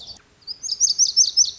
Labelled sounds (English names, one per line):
Lazuli Bunting